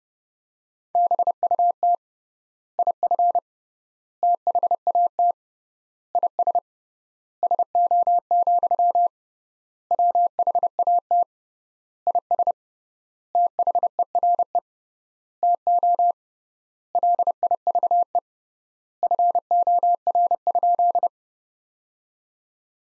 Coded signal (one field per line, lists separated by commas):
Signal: Morse code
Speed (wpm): 30 wpm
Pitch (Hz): 700 Hz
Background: none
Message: BUT IF THAT IS SO, WHAT IS THERE TO LIVE FOR?